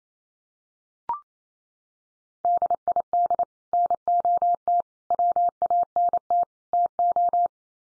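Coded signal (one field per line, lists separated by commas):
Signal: Morse code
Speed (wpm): 28 wpm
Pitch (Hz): 700 Hz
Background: none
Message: DID NOT WANT TO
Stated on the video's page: Morse code head-copy practice of common four-word groups at 28 wpm, each set sent in Morse, spoken, then sent again.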